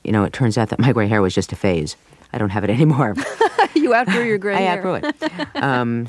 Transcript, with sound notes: But, you know, it turns out that my gray hair was just a phase. I don't have it any more.
(laughs) You outgrew your gray hair.
I outgrew it.